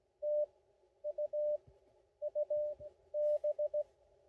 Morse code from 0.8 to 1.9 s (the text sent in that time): U